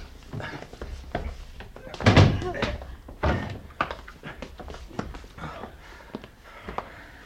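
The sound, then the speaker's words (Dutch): A door slams shut with a single loud, heavy thud about two seconds in, as a person is dragged inside and the door is closed behind them. Shuffling movement, scrapes and softer knocks and bumps surround it. “Ik sleep hem naar binnen. Doe de deur achter me dicht.”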